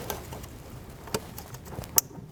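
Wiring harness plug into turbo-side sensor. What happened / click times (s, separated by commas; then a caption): The plastic connector latched home / 2.0 s. During an IS38 turbo upgrade on a Mk7 Volkswagen GTI, a plastic wiring harness connector is pushed onto a sensor on the turbo side after earlier tries gave no audible click. Faint ticks at 0.1 s and 1.1 s come before a sharp, bright click at 2.0 s. The connector latches and is confirmed seated.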